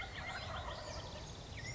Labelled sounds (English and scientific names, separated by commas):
Wild Turkey (Meleagris gallopavo)